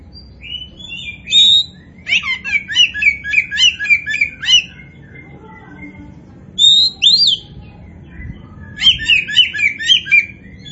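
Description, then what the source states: Oriental magpie-robin song: loud whistled notes followed by quick runs of jumbled chirps and trills, with pauses between phrases and a faint background hum. Kacer Poci variety, described as gacor, singing actively and vigorously.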